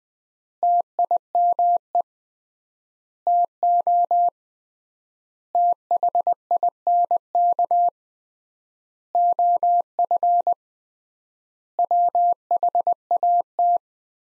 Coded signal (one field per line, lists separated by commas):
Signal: Morse code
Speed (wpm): 20 wpm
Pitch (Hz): 700 Hz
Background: none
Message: TIME TO THINK OF WHAT